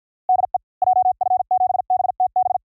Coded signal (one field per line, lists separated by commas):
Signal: Morse code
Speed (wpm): 53 wpm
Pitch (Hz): 740 Hz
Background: none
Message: DE JF7BTB